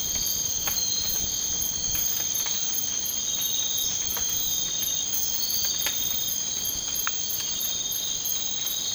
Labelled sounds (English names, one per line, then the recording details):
none
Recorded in dense forest near Puerto Asís, Putumayo, Colombia, on 19 March 2025 at 01:00
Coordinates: 0.500, -76.322
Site GP06